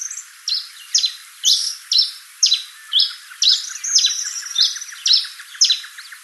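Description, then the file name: Pileated finch giving sharp, high chip calls about twice a second, with a faint rapid ticking series underneath in the second half. "coryphospingus pileatus"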